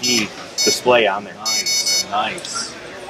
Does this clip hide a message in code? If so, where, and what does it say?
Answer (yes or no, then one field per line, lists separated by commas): no